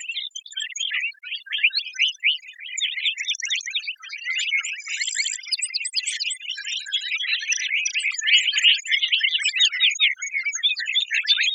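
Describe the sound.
Lark bunting flock calls: a dense, continuous chatter of many short, high chips and twitters overlapping throughout, with a few thin whistled notes above.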